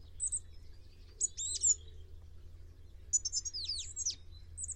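Bird calls: two scratchy clusters of high, sweeping chirps a couple of seconds apart, over a low hum.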